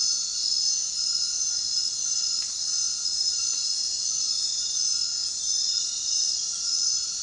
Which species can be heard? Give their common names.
none